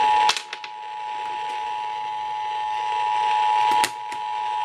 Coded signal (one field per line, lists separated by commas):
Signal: Emergency Alert System (SAME) tones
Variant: 853 and 960 Hz attention tone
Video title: HELLO 2018!! EAS Alerts from 1/3/18 - 1/31/18 (EAS #779 - 793)